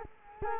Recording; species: mosquito wingbeat signal from an infrared sensor; Culex quinquefasciatus